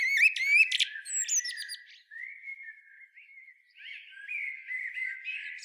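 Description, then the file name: Eurasian blackbird calls: squeaky, rising chirps and thin whistles at first, then quieter warbled notes that grow busier and scratchier near the end. "Turdus merula"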